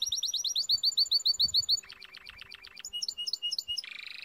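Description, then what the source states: Canary song: rapid trills of repeated upslurred notes, switching to lower buzzy rolls, then bright whistled phrases and a dense high buzz at the end. Timbrado canary singing, used to teach song.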